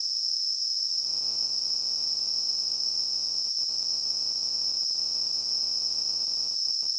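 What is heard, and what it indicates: Simulated tinnitus: a steady, continuous high-pitched ringing tone, around 5–6 kHz.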